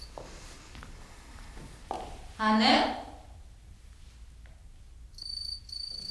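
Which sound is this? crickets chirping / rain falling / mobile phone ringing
crickets chirping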